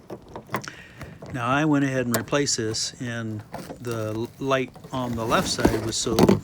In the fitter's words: and then once you get it up in there then you turn it clockwise and it snaps back into place